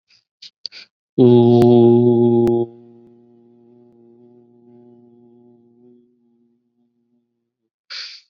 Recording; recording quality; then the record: sustained vowel as in boot; excellent, no background noise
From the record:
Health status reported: COVID-19 positive, mild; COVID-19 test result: positive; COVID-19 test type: rapid antigen test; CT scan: not taken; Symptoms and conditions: cough, fever, another condition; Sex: male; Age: 30 years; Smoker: no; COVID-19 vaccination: none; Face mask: worn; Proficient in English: yes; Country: India